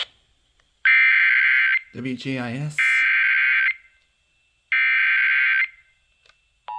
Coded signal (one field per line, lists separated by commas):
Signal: Emergency Alert System (SAME) tones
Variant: header bursts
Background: speech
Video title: Welcome Home and KDKA's EMNet Obsession... (EAS Alerts from 8/1-3/22) (EAS # 1213-1240)